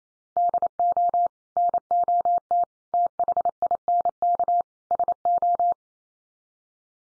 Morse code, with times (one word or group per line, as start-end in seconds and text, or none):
0.4-1.3 DO
1.6-2.6 NOT
2.9-4.6 THINK
4.9-5.7 SO